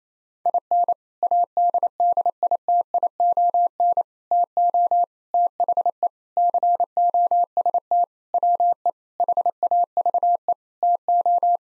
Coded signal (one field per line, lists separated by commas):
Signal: Morse code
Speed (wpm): 27 wpm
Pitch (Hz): 700 Hz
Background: none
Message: IN ADDITION TO THE COST WE HAVE TO